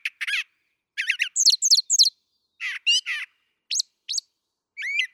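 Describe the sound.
Brown thrasher giving rough doubled phrases followed by sharper slurred notes, each group spaced by short gaps; clean, quiet background.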